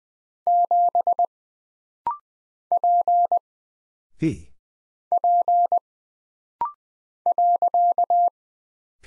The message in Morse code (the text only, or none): 7 P P .